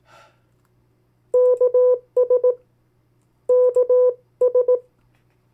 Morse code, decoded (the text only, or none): KS KS